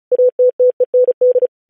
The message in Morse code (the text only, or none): ATTEND